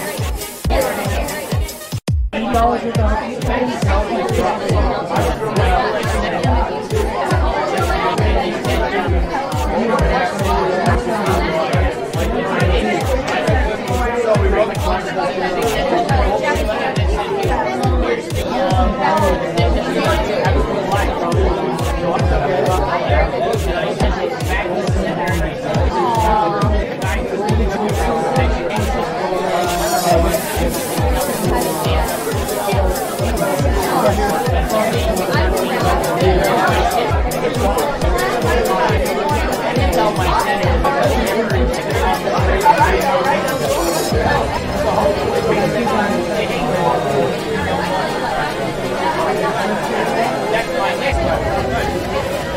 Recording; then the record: background sound without coughing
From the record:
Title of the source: Nightlife Party Simulating Party Club Noise 1 Hour